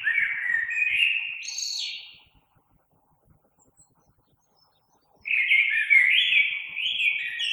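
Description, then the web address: Common blackbird song: a warbled phrase rising into a high twitter, about three seconds of silence, then a new rich phrase. Recorded 3 March 2020. "oiseaux Merle 2020 03 03"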